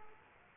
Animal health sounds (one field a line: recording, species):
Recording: mosquito wingbeat signal from an infrared sensor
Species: Aedes aegypti